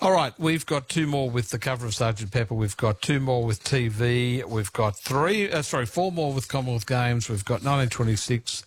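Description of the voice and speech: An adult man speaks clearly and fluently, listing quiz categories in a steady, ordinary voice; normal speech.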